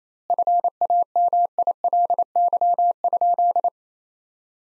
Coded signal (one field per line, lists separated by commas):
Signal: Morse code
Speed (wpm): 28 wpm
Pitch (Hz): 700 Hz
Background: none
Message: FAMILY?